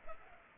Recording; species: mosquito wingbeat signal from an infrared sensor; Culex pipiens